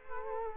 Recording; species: mosquito wingbeat signal from an infrared sensor; Culex quinquefasciatus